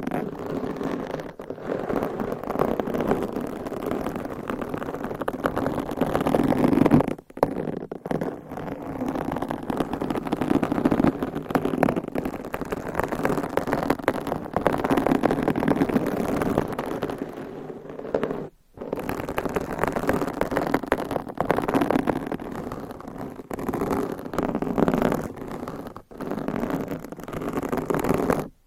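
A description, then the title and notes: Dense, steady scratching rasps against a microphone, a rough continuous scraping with brief dropouts near seven, eighteen and twenty-six seconds. ASMR Mic Scratching - Brain Scratching with DIY Nails. No Talking.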